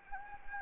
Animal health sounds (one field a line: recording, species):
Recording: mosquito wingbeat signal from an infrared sensor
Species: Anopheles gambiae